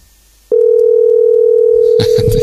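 A telephone ringing tone on an outgoing call from a radio show to a listener: a loud, steady, single low-mid pitched tone that sounds without a break for about two seconds, with a burst of voices and noise joining over it at the end.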